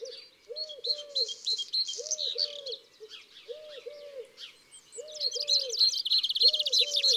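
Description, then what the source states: Eurasian Collared Dove cooing rhythmically, steadily repeated groups of two drawn-out coos and a brief third note, with high twittering and trilling birds above. Song, fourth of six garden-bird species in a recognition exercise.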